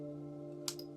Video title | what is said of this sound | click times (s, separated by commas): How to use Olympus 35 RC Rangefinder Camera Tutorial | There you hear a small click. | 0.7 s